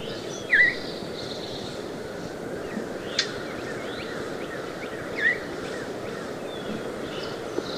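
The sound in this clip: Veery uttering two brief dip-and-rise whistled notes, roughly four and a half seconds apart, amid faint scattered bird sounds and a steady background hum.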